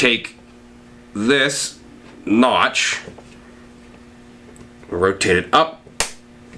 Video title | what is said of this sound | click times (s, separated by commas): The MG-34 Bolt Field Strip Video Series. Episode 10 | back into position you heard that snap she's all good and all in position just like the last one | 6.0 s